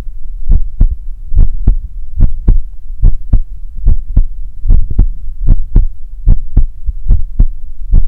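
A steady, normal adult heartbeat heard up close at about 72 beats per minute, each beat a clear low-pitched pair of thuds, offered as ASMR to fall asleep to.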